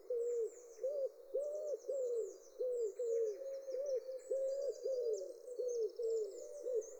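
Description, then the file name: Common wood pigeon cooing, a steady run of soft, hollow, arched coos, with small birds twittering high above throughout. "houtduif"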